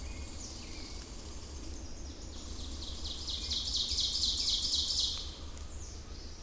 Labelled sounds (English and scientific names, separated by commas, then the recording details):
Ovenbird (Seiurus aurocapilla) song
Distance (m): 45 m
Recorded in boreal forest in Alberta, Canada, on 26 May 2016 at 07:58
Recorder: SongMeter 3, array SBT-3-15
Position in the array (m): 54 m, 222 m
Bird 20